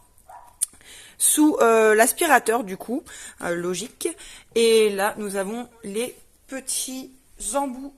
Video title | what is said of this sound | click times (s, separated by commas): unboxing proscenic p11 smart BON PLAN ♥️ #unboxing #news | c'est une batterie qui se présente comme ça et qui se clipse sous | 0.6 s